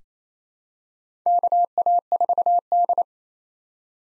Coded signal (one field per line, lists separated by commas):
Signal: Morse code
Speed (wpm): 28 wpm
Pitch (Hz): 700 Hz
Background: none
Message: KA4D